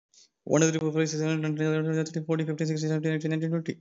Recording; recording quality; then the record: counting at a fast pace; excellent, no background noise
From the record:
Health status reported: COVID-19 positive, mild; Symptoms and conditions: cough, cold, fever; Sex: male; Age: 24 years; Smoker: not ticked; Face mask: not worn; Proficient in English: no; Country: India